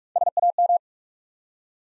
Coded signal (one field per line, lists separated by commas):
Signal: Morse code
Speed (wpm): 41 wpm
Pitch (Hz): 700 Hz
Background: none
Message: SAM